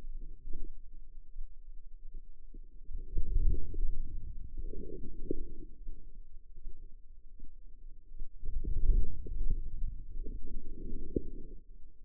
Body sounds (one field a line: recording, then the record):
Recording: forearm muscle sounds (acoustic myography)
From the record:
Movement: outward rotation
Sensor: system 2, bracelet of six BSWA MPA416 microphones around the upper forearm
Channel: 6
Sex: female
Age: 25 years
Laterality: right